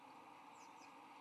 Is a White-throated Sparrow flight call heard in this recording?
no